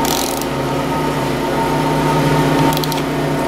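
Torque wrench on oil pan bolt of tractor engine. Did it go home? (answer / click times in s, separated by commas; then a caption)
yes / 2.8 s. A torque wrench tightens an oil pan bolt during the oil pan refit on a vintage Ford 800 tractor engine, with a brief ratcheting burst at the start over a steady low hum. At 2.8 s the wrench gives a short, faint click as it reaches its torque setting, confirming the bolt is torqued.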